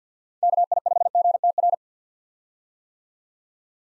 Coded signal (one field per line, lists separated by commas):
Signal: Morse code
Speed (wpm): 49 wpm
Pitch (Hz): 700 Hz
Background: none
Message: KI5GTR